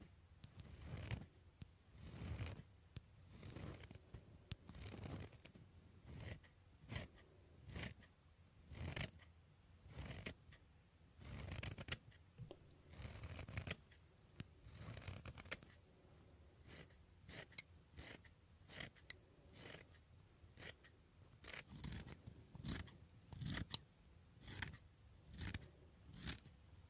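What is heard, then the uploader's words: Scissors cut hair in quick, uneven bursts of snipping, each snip a short bright click. The cuts come in clusters of two to four, with brief pauses between, steadily across the whole stretch, over a low, soft hum underneath. Hair cutting.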